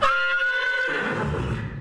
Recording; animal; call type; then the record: contact call of a hoofed animal; horse; whinny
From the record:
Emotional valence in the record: positive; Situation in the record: reunion with the whole group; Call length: 1.80 s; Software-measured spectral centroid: 1890 Hz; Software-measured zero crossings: 2250 a second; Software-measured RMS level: -24 dBFS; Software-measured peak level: -11 dBFS